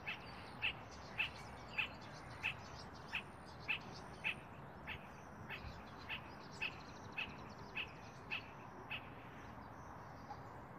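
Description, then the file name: Spot-flanked barbet giving a long run of short, clipped notes, roughly two per second, stopping shortly before the end. "Tricholaema lacrymosa - Spot-flanked Barbet"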